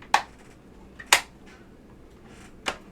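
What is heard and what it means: The remaining plastic case clips that had not caught on the top and bottom case of an Apple Extended Keyboard M0115, under restoration with Alps SKCM White switches, are pressed until they snap in with two loud, sharp clicks at 0.1 s and 1.1 s. A softer click follows at 2.7 s. The clips are seated and the case no longer bows.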